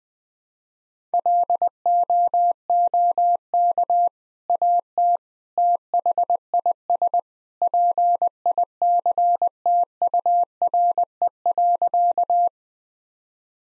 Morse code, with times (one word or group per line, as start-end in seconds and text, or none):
1.1-4.1 LOOK
4.5-5.2 AT
5.6-7.2 THIS
7.6-12.5 PICTURE.